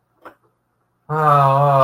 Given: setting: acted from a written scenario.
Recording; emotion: vocal sound without words; sadness